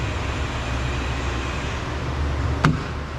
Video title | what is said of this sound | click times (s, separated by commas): 2020 Dodge Journey how to take off the mirror the door handle and the door trim panel | see it snaps back in | 2.6 s